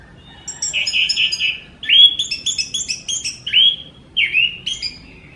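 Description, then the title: Orange-headed thrush song: rich, varied whistled phrases in quick bursts, slurred notes and buzzy trills, with short pauses between phrases. Strongly singing champion bird. "Suara Burung Anis Merah Gacor Teler Doyorng Juara"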